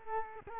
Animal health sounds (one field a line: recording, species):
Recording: mosquito wingbeat signal from an infrared sensor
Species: Culex quinquefasciatus